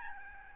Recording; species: mosquito wingbeat signal from an infrared sensor; Aedes albopictus